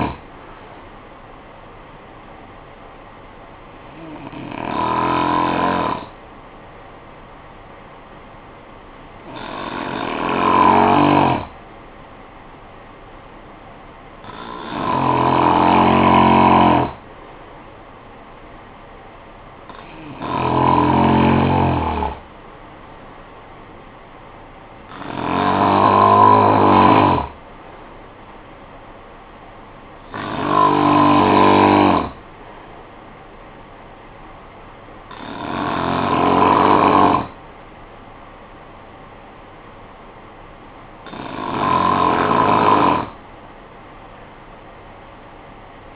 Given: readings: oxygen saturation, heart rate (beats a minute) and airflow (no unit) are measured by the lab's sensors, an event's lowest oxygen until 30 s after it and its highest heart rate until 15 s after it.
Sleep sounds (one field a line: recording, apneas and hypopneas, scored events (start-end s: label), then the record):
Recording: breathing in sleep by a voice recorder at the bedside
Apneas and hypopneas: 1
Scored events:
4.00-16.00 s: hypopnea (N2, oxygen 95% highest, then 91% lowest, heart rate 54 at the start, 64 highest)
From the record:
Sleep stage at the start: N2 (light sleep)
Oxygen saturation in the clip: 91 to 96%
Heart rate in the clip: 49 to 64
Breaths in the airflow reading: 8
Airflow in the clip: -8.9 to 6.2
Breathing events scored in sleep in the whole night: 445 in 7.6 hours asleep